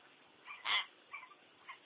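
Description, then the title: Common hill myna call: a single loud, harsh squawk just before the midpoint, bracketed by a few softer chirps over a constant background hiss. "burung beo"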